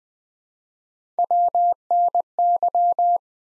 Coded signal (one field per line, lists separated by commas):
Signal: Morse code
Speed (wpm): 20 wpm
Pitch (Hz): 700 Hz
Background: none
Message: WNY